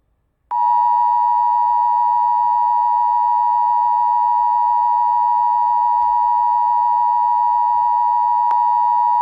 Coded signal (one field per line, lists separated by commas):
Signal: Emergency Alert System (SAME) tones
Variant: 853 and 960 Hz attention tone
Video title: Eas special marine warning in Hawaii Eas#404